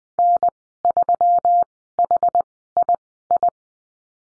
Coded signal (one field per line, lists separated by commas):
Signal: Morse code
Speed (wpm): 20 wpm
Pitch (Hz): 700 Hz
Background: none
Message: N 3 H I I